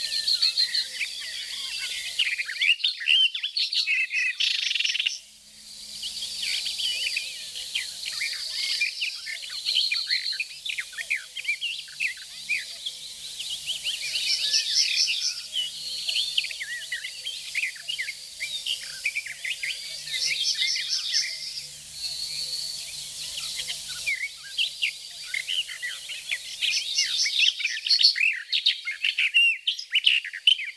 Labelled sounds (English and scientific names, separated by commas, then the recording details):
Barred Warbler (Sylvia nisoria) song
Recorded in the wild
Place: Flögelner See, Baden-Württemberg, DE
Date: 1985-05-24
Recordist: Schwarz, Dieter
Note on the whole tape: Song